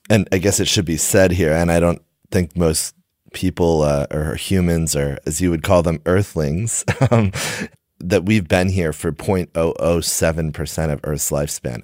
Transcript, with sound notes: I guess it should be said here, and I don’t think most people or humans, or as you would call them, “earthlings,” [laughs] that we’ve been here for 0.007 percent of Earth’s lifespan.